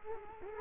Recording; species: mosquito wingbeat signal from an infrared sensor; Culex quinquefasciatus